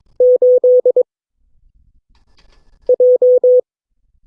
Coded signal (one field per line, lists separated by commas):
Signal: Morse code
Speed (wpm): 22 wpm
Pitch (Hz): 500 Hz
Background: none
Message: 8J